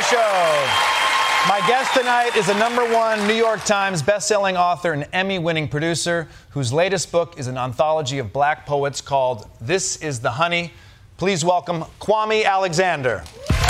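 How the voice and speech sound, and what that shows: Clear, fluent adult male speech introducing a guest, with brief applause at the start; normal speech.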